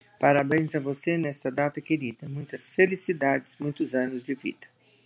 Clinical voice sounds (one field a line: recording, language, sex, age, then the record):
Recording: short text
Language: Brazilian Portuguese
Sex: female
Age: 60 to 69 years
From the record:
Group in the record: control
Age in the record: 68 years